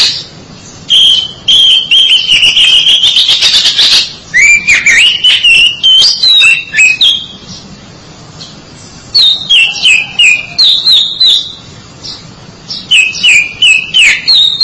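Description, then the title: Oriental magpie-robin delivering rich whistled song: trilled passages building to a buzzy burst, then repeated slurred notes and pauses between phrase groups. "Suara Kicauan Burung Kacer"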